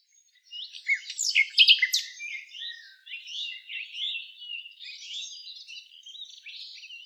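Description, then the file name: Common nightingale song: a loud burst of sharp, rapid staccato notes, then softer, varied warbling that drops in volume toward the end. "Luscinia megarhynchos"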